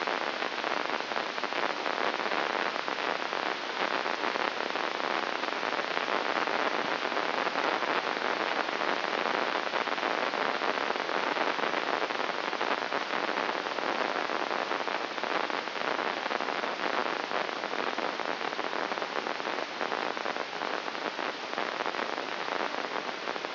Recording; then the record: brain microelectrode recording played as sound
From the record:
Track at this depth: inside the subthalamic nucleus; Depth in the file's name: 5.201 mm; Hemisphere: right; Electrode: 2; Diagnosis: Parkinson's disease